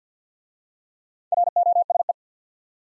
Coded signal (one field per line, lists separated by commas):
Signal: Morse code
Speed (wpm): 51 wpm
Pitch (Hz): 700 Hz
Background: none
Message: ROSE